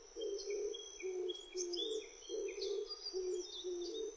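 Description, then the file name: Oriental turtle dove with a run of deep, husky coos in short phrases, accompanied by thin high whistles and chirps from other birds. Recorded on 25 June 2006. "060625 kijibato"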